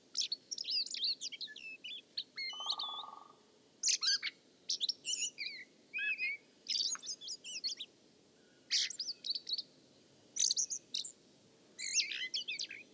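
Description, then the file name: Common blackbird giving high, squeaky twittering phrases in short bursts, with a brief steady hum early on. "Turdus merula"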